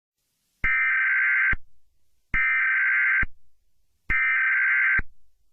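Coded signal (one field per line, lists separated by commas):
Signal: Emergency Alert System (SAME) tones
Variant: header bursts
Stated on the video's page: Fictional EAS scenario made with Audacity.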